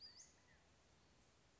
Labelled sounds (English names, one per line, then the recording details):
California Quail
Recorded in Sonoma County, California